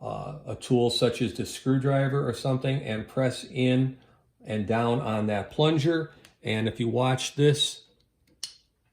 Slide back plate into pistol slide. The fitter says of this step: can hear the snap it locked into place again the serrations are on the outside okay